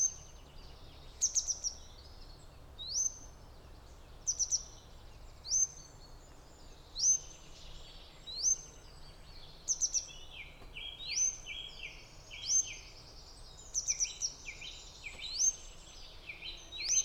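Grey wagtail giving sharp, high metallic call notes, single or in quick pairs and triplets, repeated every one to two seconds, with softer lower chips joining near the end.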